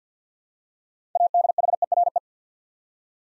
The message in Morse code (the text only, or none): ADHERE